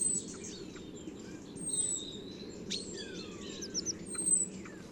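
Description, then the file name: European robin song: high, thin whistled notes and quick slurred trills, some rising and falling, over a steady low rumbling background. "Erithacus rubecula"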